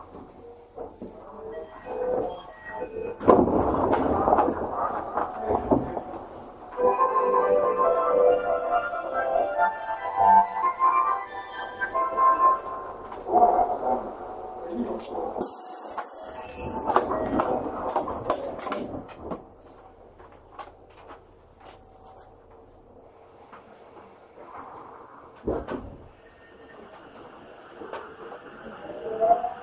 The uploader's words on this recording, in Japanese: 東京メトロ7000系 新木場〜練馬。車体は20m両開き4扉のアルミニウム合金製。